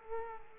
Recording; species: mosquito wingbeat signal from an infrared sensor; Culex quinquefasciatus